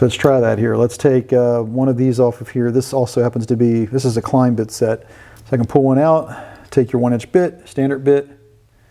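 Someone talks while pulling a standard 1-inch steel hex screwdriver bit from a bit set to push into the bit socket of an ICON mini flex-head ratchet. Only a faint, brief tap is heard at the very end, around 8.9 s. The bit has not yet seated or clicked into place.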